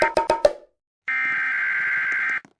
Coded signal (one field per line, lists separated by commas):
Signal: Emergency Alert System (SAME) tones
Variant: header bursts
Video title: Emergency Alert System